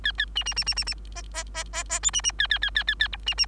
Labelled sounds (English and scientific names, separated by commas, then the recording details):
Bengalese Finch (Lonchura striata domestica) song
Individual Bird3